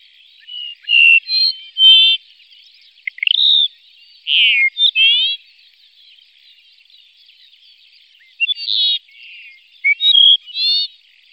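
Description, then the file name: Dupont's lark singing: strange whistled, twanging and sliding nasal notes in separated groups, some sharp clicks, with long quiet gaps between phrases. "skřivan-dupontův"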